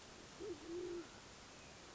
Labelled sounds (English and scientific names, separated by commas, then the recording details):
Band-tailed Pigeon (Patagioenas fasciata)
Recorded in Sonoma County, California